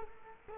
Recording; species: mosquito wingbeat signal from an infrared sensor; Culex quinquefasciatus